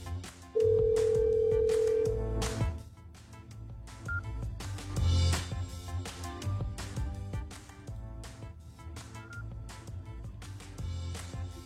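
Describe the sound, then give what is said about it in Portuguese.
A telephone call to a second person rings out with a long, steady electronic tone lasting about two seconds, followed by a busy, tonal, music-like background that keeps going with no voice picking up; the call goes unanswered. “Segunda pessoa não atendeu o telefone também, Jesus.”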